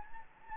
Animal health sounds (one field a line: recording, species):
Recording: mosquito wingbeat signal from an infrared sensor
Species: Anopheles gambiae